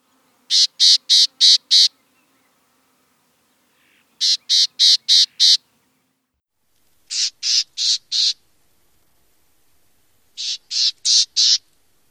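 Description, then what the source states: Black-tailed Gnatcatcher calls: short bursts of four or five harsh, raspy high notes, repeated four times with pauses of about two seconds. Call note and song.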